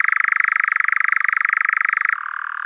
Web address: Caprimulgus europaeus